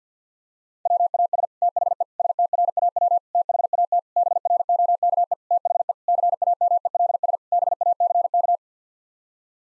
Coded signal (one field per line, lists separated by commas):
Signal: Morse code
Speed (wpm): 50 wpm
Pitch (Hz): 700 Hz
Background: none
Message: WAS THE STRAW THAT BROKE THE CAMELS BACK